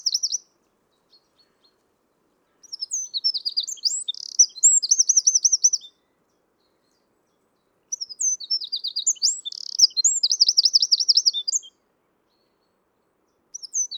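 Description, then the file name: Eurasian wren song: two full phrases of rapid, piercing notes and trills about two seconds apart, plus short snippets at the start and end. "Troglodytes troglodytes"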